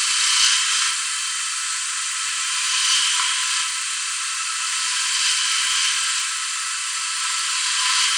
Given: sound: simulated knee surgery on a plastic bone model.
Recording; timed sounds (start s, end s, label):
surgical tools on bone
0.00	0.89	drilling into bone
2.62	3.67	drilling into bone
4.86	6.28	drilling into bone
7.41	8.10	drilling into bone